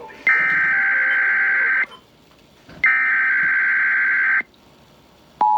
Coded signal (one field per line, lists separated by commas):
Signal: Emergency Alert System (SAME) tones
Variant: header bursts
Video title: KDKA RWT (5/16/21) EAS 247-249